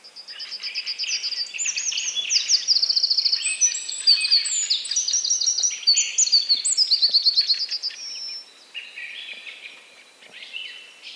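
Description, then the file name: Eurasian wren song, a long, loud, high outpouring of rapid trills and sharp notes running about eight seconds before fading into softer twittering. "Troglodytes troglodytes"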